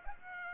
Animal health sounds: mosquito wingbeat signal from an infrared sensor; Aedes aegypti

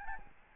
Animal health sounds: mosquito wingbeat signal from an infrared sensor; Aedes albopictus

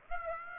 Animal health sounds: mosquito wingbeat signal from an infrared sensor; Aedes aegypti

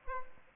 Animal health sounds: mosquito wingbeat signal from an infrared sensor; Aedes aegypti

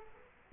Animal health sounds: mosquito wingbeat signal from an infrared sensor; Culex quinquefasciatus

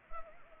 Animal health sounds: mosquito wingbeat signal from an infrared sensor; Anopheles arabiensis

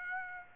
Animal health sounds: mosquito wingbeat signal from an infrared sensor; Aedes aegypti

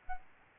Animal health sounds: mosquito wingbeat signal from an infrared sensor; Aedes albopictus

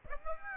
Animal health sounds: mosquito wingbeat signal from an infrared sensor; Aedes aegypti

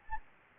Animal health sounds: mosquito wingbeat signal from an infrared sensor; Anopheles gambiae

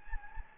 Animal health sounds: mosquito wingbeat signal from an infrared sensor; Anopheles gambiae

